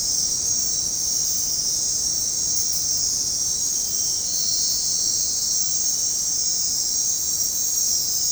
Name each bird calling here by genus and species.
none